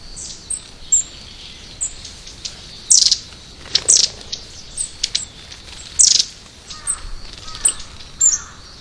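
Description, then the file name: Long-tailed tit calls: scattered high, thin notes with several louder buzzy bursts, plus a few fainter lower notes. "enaga"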